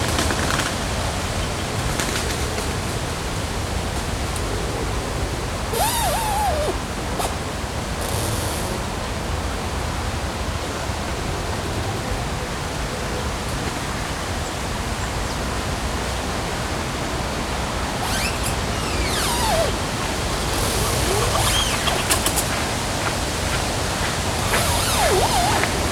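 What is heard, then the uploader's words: Along the river in Odense, a dense, steady wash of wind and rushing sound fills the whole recording with little change in level. Thin squeaking tones rise and fall near 6, 18 and 20 seconds, and brief brighter bursts come and go, growing busier toward the end. Sounds along the river in Odense, Denmark. Tree branches are squeaking in the wind and recreational runners are passing.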